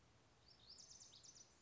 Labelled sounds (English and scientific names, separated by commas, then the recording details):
Lazuli Bunting (Passerina amoena)
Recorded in Sonoma County, California